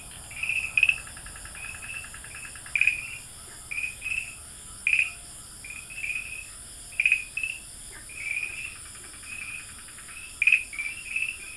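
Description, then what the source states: Farmland green tree frog giving short, clipped clicking notes in small groups about every second or two over a faint constant hiss. Recorded at Dalin, 30 May 2009.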